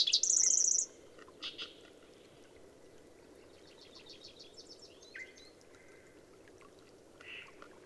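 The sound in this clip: Bird song: a loud high trill opens, followed by soft chirps and thin whistles over a steady hiss.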